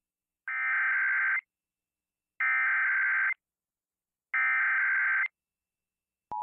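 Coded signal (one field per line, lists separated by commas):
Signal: Emergency Alert System (SAME) tones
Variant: header bursts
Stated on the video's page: Emergency Alert System weekly and monthly test alerts.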